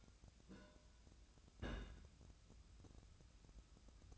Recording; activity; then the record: daily activity, microphone in the room; place on stove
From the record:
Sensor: 2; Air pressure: 1009.8 hPa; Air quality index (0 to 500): 178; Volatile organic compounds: 10 ppm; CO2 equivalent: 2220 ppm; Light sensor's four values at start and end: 32/78/33/37 and 32/78/33/37